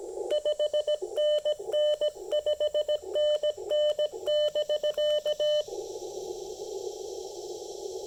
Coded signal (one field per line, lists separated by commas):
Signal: Morse code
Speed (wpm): 17 wpm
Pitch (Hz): 600 Hz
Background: none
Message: 5NN 5NN <BK>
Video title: POTA Field Report: Making the most of 28.5' of speaker wire and 5 watts!